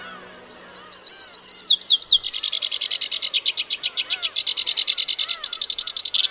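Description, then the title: Black-browed reed warbler song opens with a few thin high notes, then breaks into a fast, dense, buzzy chatter that keeps changing pitch. Recorded on Teuri Island, Hokkaido, Japan. "天売島（北海道）のコヨシキリ"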